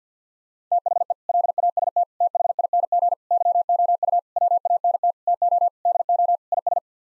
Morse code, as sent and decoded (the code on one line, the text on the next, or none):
- .... . / .-.. .- ... - / - .... .. -. --. / -.-- --- ..- / .-- .- -. - / - --- / -.. --- / .. ...
THE LAST THING YOU WANT TO DO IS